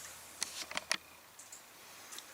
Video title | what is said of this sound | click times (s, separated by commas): Eco C 310 Purge Pump replace | okay so it snapped right in after I figured out | 0.9 s